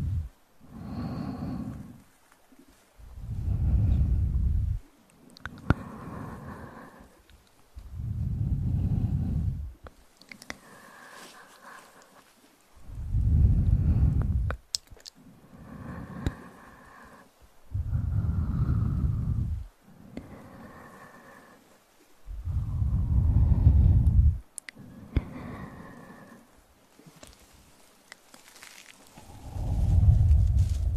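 Close-up mouth sounds and breathy, inaudible whispering come in short bursts of one to two seconds, separated by brief silences, about every two to three seconds. Each burst is airy with a low rumble from the nearby mic, and small wet clicks and lip smacks sit between phrases.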